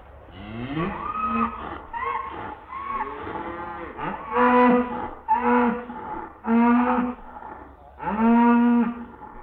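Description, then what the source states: Cattle mooing repeatedly: a run of moos, some short and some drawn out, the loudest in the second half. Farmyard; cows, calves and heifers.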